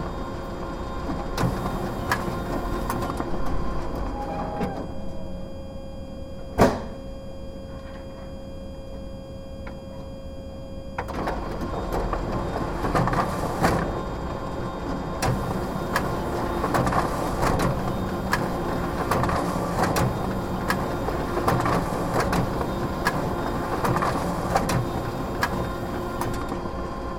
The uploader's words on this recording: Sounds of UCL: Inside the tray of the Library photocopier. Stereo recording of the inside of the Main Library photocopier. I placed my recording device inside the second tray, while using the photocopier. Recordist: Daniel Kordik.